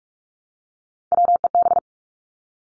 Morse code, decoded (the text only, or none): WEB